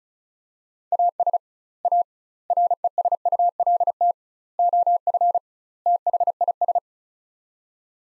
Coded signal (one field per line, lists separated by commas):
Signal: Morse code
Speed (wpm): 36 wpm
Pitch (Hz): 700 Hz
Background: none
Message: AS A RESULT OF THIS